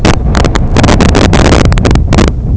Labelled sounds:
none
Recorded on Arctic tundra, site IGLO-D, on 23 June 2018
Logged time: 20:00

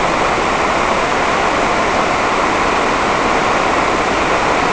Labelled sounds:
none
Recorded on Arctic tundra, site NAIT-1, on 28 June 2018
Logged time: 07:00

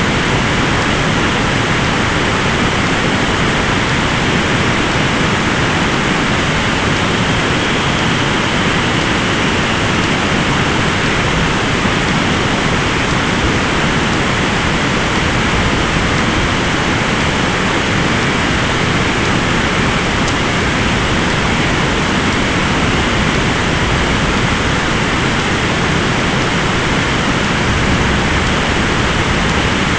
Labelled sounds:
Dunlin (Calidris alpina)
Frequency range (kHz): Dunlin (Calidris alpina) 2.4-3.9 kHz
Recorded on Arctic tundra, site ZACK-1, on 14 June 2019
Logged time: 23:49

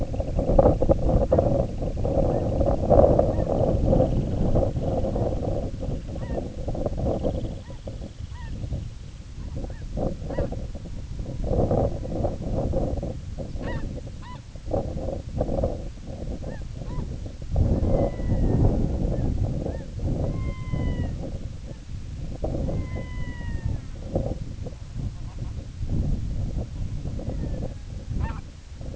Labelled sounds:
Semipalmated Sandpiper (Calidris pusilla), unidentified sound, Red-throated Loon (Gavia stellata)
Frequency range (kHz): Semipalmated Sandpiper (Calidris pusilla) 2.0-3.9 kHz; Red-throated Loon (Gavia stellata) 0.2-3.6 kHz
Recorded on Arctic tundra, site IGLO-A, on 20 June 2018
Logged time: 07:59

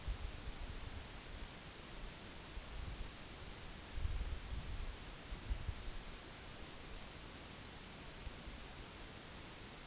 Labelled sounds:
none
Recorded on Arctic tundra, site NAIT-1, on 2 July 2019
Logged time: 18:00

